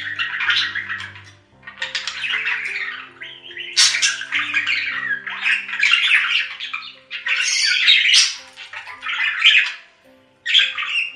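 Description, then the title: Budgerigar chattering: dense bursts of scratchy, warbling notes and squawks, with brief pauses between. "Budgie Sounds"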